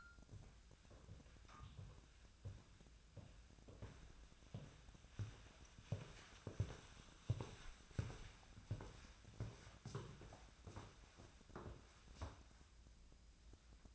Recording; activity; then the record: daily activity, microphone in the room; walk to room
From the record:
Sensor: 2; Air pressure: 1009.9 hPa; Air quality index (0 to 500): 176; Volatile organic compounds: 10 ppm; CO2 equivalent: 2202 ppm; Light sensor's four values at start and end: 35/88/37/42 and 34/85/36/40